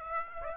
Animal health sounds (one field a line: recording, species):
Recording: mosquito wingbeat signal from an infrared sensor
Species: Aedes aegypti